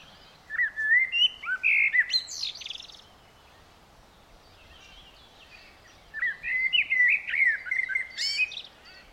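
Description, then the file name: Eurasian blackbird song in two phrases: low mellow warbles that break into a sharp, high, scratchy twitter, separated by a quiet pause. "Turdus merula"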